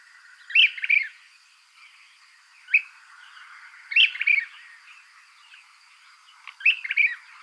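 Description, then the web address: Brown-crested Flycatcher repeats burry, chattering calls every few seconds, with a single sharp note between the first two phrases and a constant high hum behind. Ecuador. "Natures Songs S America Birds of Ecuador. Brown-Crested Flycatcher"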